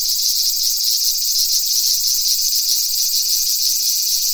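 Cicada song, an unbroken high, hissing buzz that stays level for the whole stretch.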